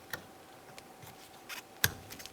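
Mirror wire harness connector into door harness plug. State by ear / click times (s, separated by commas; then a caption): seated / 1.8 s. A side mirror wire harness connector on a 2009–2019 Ford Flex is pressed into its mating plug on the door. Faint ticks come first, then a sharp click at 1.8 s shows the connector has seated. A few softer ticks follow.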